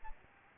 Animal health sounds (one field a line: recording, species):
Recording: mosquito wingbeat signal from an infrared sensor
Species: Aedes albopictus